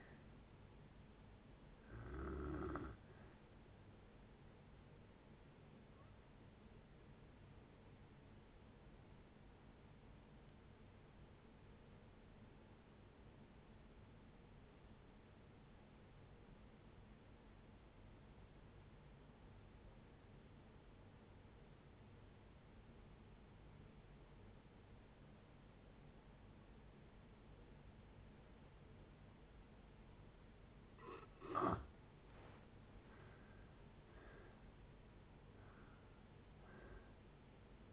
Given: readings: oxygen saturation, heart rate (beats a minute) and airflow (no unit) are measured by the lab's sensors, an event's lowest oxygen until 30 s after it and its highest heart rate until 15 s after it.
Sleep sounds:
breathing in sleep by a voice recorder at the bedside; 1
9.00-33.60 s: obstructive apnea (N2, oxygen 96% highest, then 77% lowest, heart rate 62 at the start, 72 highest)
23.00-37.92 s: new sleep stage, N1 (lightest sleep)
From the record:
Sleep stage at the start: N2 (light sleep); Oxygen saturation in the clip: 86 to 96%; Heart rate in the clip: 55 to 73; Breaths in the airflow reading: 5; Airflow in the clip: -6.3 to 9.3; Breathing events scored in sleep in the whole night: 496 in 5.4 hours asleep

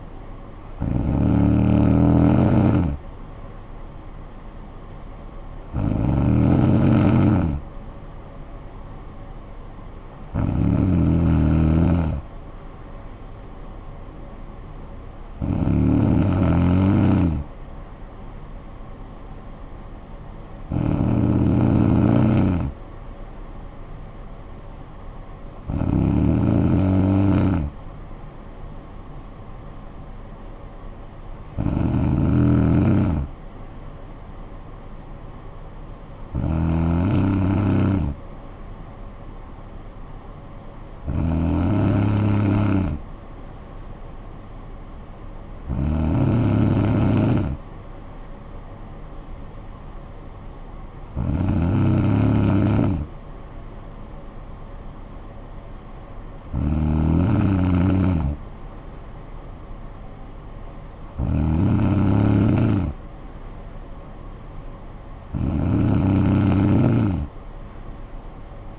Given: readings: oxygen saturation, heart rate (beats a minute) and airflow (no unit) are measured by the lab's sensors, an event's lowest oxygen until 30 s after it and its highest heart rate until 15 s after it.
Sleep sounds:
breathing in sleep by a smartphone at the bedside; none
none scored
From the record:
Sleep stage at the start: N2 (light sleep); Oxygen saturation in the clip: 93 to 94%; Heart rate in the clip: 50 to 58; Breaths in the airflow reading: 14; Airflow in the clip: -10.0 to 6.1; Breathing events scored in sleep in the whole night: 445 in 7.6 hours asleep

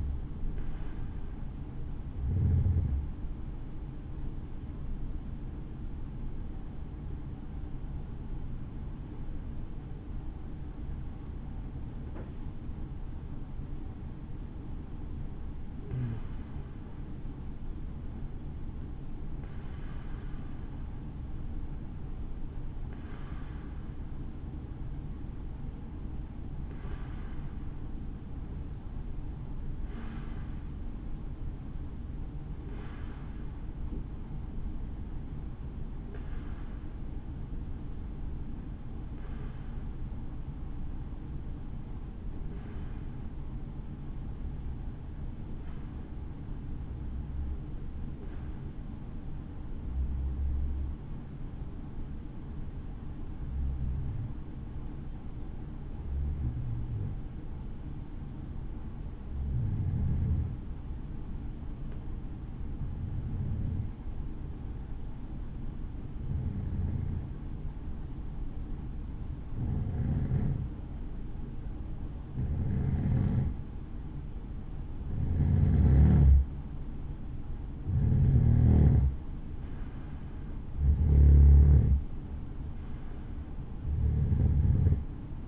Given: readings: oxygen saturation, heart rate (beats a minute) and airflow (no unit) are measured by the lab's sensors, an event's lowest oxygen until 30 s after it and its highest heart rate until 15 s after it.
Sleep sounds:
breathing in sleep by a smartphone at the bedside; 1
2.00-32.00 s: new sleep stage, N1 (lightest sleep)
30.00-73.90 s: hypopnea (N1, oxygen 95% highest, then 90% lowest, heart rate 62 at the start, 68 highest)
32.00-85.48 s: new sleep stage, N2 (light sleep)
From the record:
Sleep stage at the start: N2 (light sleep); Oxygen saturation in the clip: 90 to 95%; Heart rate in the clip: 60 to 70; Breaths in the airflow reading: 27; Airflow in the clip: -8.8 to 7.4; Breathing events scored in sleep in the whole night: 216 in 7.0 hours asleep

